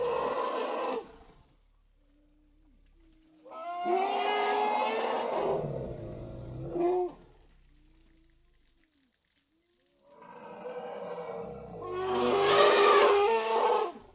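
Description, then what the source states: Asian elephant giving three loud, rough calls separated by quiet gaps, the last louder and harsher. In Thailand.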